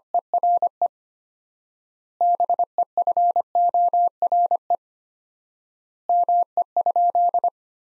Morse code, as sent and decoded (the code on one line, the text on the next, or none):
. .-. . / -... . ..-. --- .-. . / -- . ..--..
ERE BEFORE ME?